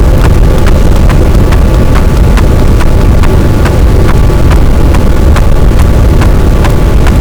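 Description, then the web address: Sperm whale clicks, sharp and evenly spaced in a steady series, heard through loud, constant boat engine noise that fills the low range. Recorded with boat noise present; signal-to-noise ratio 24 dB. "Physeter Macrocephalus boat SNR 24 d B cachalot positif"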